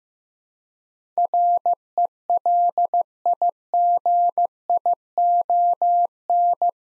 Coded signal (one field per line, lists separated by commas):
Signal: Morse code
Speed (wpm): 15 wpm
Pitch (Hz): 700 Hz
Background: none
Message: RELIGION